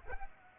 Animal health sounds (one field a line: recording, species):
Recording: mosquito wingbeat signal from an infrared sensor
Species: Culex pipiens